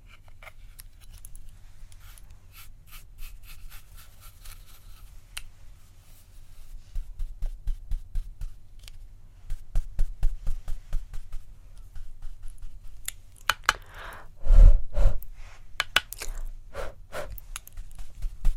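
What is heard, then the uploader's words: Makeup handling sounds: quick clicks, taps and scratchy brushing come in irregular bursts, sparse at first and growing busier after about seven seconds. A louder cluster of rustling and clacking peaks near fourteen to fifteen seconds over a low steady hum. ASMR Triggers To Help You Sleep, Tingle and Relax (Makeup Triggers).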